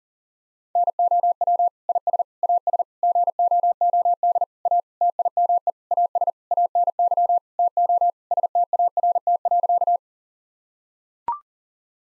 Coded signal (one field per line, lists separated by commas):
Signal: Morse code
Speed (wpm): 40 wpm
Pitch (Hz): 700 Hz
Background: none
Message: NOW IS AS GOOD A TIME AS ANY TO START.